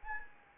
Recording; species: mosquito wingbeat signal from an infrared sensor; Anopheles arabiensis